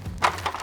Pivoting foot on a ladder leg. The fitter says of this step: just rotate that up and now those are locked into place